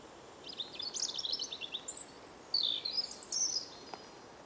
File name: Dmitry Kulakov - Zaryanka Erithacus rubecula